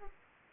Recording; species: mosquito wingbeat signal from an infrared sensor; Aedes aegypti